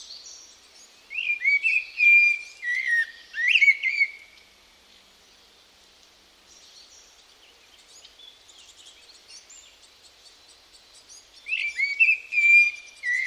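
Bird calls: bursts of lilting, wavering whistles with some sharp higher notes, a long quiet stretch, then more whistling near the end.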